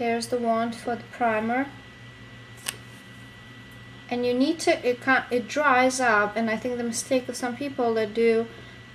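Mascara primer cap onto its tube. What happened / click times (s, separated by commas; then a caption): The small plastic cap is handled but not yet clicked shut / none. Someone talks while handling the plastic cap of a mascara primer tube, which is meant to be closed until it clicks so it seals tight and does not dry out. A brief sharp sound occurs at about 2.7 s between stretches of talking. The cap has not clicked shut or seated yet when the clip ends.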